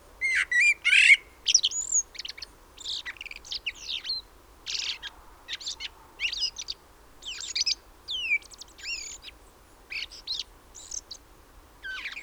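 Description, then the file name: Common blackbird producing quick, high twittering chirps and short whistled slurs, repeated irregularly at about two per second. "Turdus merula"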